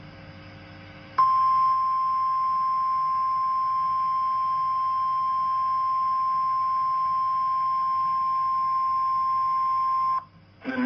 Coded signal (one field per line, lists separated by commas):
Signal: Emergency Alert System (SAME) tones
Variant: 1050 Hz attention tone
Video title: REAL EAS: Tornado Warning For Collin, Fannin, Hunt Counties